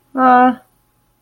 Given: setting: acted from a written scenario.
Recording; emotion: vocal sound without words; neutral